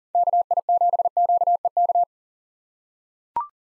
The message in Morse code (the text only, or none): KI7QEK